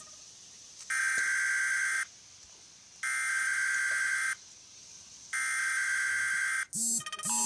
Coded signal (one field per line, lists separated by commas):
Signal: Emergency Alert System (SAME) tones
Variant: header bursts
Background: speech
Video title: Emergency Alert System and North Korea for Toyko I HAVE the the manners and support the manners and